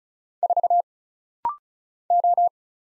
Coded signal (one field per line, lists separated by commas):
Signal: Morse code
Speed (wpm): 36 wpm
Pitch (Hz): 700 Hz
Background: none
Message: 4 O